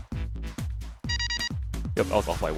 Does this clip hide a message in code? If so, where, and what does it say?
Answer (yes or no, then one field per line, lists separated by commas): no